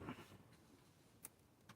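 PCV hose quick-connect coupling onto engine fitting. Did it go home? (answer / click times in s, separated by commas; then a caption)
yes / 1.2 s. A quick-connect coupling with a plastic locking tab on a sealed PCV system hose is pushed onto its engine fitting. After a low, muffled rumble at the start, a sharp click comes at 1.3 s, followed by a fainter tick at about 1.7 s. The coupling locks on and is seated.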